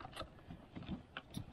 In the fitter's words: push it until it clicks